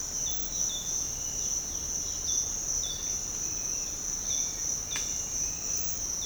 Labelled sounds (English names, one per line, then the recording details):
none
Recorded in secondary vegetation near Puerto Asís, Putumayo, Colombia, on 13 March 2025 at 06:30
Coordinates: 0.485, -76.322
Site G040